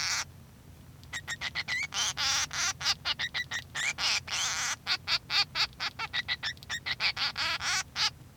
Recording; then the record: song of a male Bengalese finch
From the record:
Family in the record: son of father 3